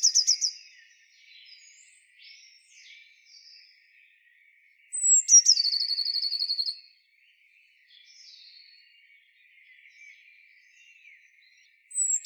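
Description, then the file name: Eurasian blue tit call: a thin, high descending note running into a fast buzzy trill lasting about two seconds, with parts of further calls at the start and end. "Cyanistes caeruleus"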